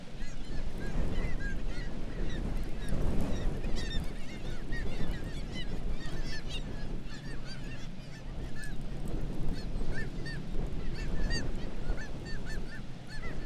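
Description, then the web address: Black-legged kittiwake chorus of repeated nasal, wavering cries from many birds, continuous across the whole stretch over a steady deep roar. "Black legged kittiwake. کاکایی-پاسیاه"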